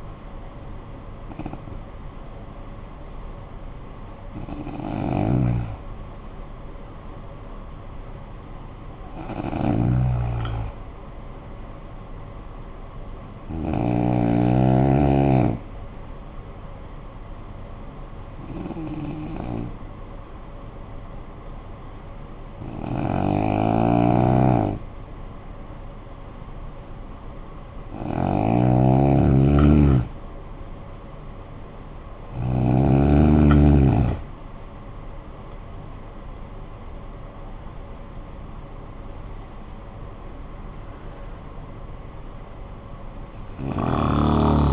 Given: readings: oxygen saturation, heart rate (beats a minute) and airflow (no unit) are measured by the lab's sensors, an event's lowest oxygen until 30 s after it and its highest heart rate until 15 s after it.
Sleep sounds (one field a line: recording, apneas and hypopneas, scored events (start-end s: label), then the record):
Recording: breathing in sleep by a smartphone at the bedside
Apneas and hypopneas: 1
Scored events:
5.00-28.60 s: hypopnea (N1, oxygen 93% highest, then 86% lowest, heart rate 50 at the start, 61 highest)
27.00-44.73 s: new sleep stage, N2 (light sleep)
From the record:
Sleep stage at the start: N1 (lightest sleep)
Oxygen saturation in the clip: 87 to 93%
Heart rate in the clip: 48 to 61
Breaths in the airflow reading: 10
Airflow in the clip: -12.5 to 10.7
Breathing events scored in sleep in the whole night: 445 in 7.6 hours asleep